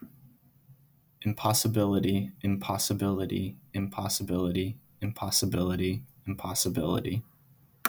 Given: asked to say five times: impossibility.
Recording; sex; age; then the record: repeated word; male; 20 to 29 years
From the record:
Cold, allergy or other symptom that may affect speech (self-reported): no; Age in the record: 21 years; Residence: New Hampshire, United States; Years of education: 14